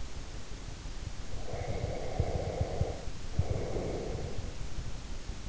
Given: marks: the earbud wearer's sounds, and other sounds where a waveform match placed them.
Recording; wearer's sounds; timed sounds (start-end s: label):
sounds in sleep by an in-ear microphone; breath
1.31-4.46 s: breath